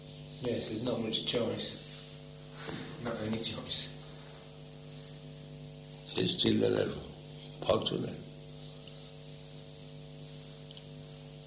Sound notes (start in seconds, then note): none